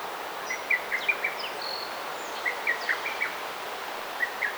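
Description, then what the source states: Bird chirping in loose, irregular series of short, sharp notes, some faint whistles above, all over a continuous background hiss. Garden birds chirping.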